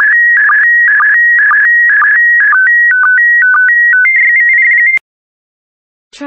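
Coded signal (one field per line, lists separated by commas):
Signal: SSTV (slow-scan television)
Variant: PD120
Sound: steady high tone with quick drops to lower pitches, like a calibration header, then silence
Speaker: transmission complete you can now check your decoded image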